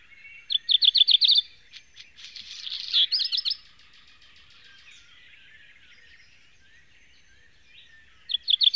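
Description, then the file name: Black redstart song: a rapid rattle, then a harsh scratchy section, followed by a pause and the rattle starting again at the end. "hazirozsdafarku"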